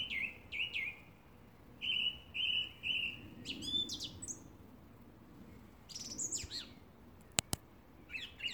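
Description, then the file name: Song thrush song with short phrases, each repeated two or three times, shifting between whistled and scratchy high notes, with a sharp click near the end. "Drozd pevchij - Zvuki pevchego drozda"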